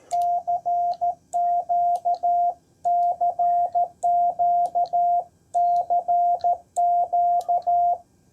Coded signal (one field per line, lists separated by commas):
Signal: Morse code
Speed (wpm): 14 wpm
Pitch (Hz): 700 Hz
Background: none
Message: CQCQCQ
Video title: A Redeeming CW POTA Activation at Mounds State Park!